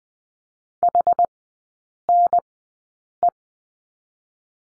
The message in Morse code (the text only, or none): HNE